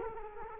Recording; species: mosquito wingbeat signal from an infrared sensor; Culex quinquefasciatus